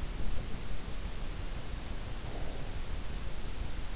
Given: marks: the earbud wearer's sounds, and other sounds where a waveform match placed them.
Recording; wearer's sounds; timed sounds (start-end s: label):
sounds in sleep by an in-ear microphone; breath
2.22-3.00 s: breath